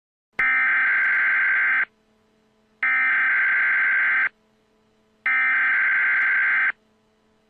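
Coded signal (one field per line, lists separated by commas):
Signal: Emergency Alert System (SAME) tones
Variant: header bursts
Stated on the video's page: Recreated EAS/EBS alert in a film-themed mock, not a real broadcast.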